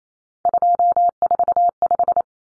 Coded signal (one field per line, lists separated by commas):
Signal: Morse code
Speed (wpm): 28 wpm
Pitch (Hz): 700 Hz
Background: none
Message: 245